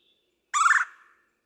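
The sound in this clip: Red-bellied woodpecker uttering a single short, rolling churr, harsh and burry, trailing off quickly into silence.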